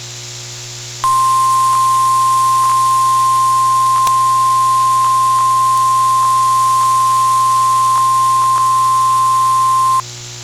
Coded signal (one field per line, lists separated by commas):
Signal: Emergency Alert System (SAME) tones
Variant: 1050 Hz attention tone